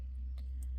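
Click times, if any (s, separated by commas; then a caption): none. Pliers rock the ends of an open metal jump ring on a jewelry charm back and forth to close it. Two faint, brief metallic ticks at about 0.4 and 0.6 seconds sit over a steady low hum. The ring is only being handled and is not yet home: its ends have not clicked closed.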